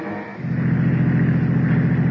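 A truck approaching on a road: its engine rumbles low and steady, swelling in loudness after a brief dip and then holding a loud, droning roar with no voices.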